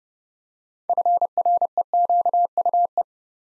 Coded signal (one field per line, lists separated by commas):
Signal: Morse code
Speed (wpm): 30 wpm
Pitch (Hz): 700 Hz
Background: none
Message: FREQUE